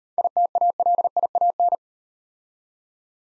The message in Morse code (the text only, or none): ITALIAN